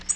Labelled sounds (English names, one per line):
Tennessee Warbler flight call